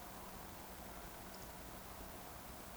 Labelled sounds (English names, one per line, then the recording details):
Eurasian Woodcock whistle
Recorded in Baden-Württemberg, Germany, on 15 June 2020 at 20:26 UTC
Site 14569, 102 m above sea level